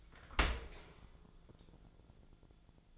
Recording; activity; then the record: daily activity, microphone in the room; open dishwasher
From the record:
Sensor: 5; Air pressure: 1000.6 hPa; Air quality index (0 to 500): 152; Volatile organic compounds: 2 ppm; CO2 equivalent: 1169 ppm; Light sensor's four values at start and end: 42/95/41/44 and 42/95/41/44